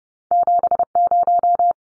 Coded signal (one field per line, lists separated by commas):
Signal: Morse code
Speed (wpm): 30 wpm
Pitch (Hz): 700 Hz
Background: none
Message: 70